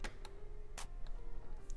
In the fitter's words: and wait for that click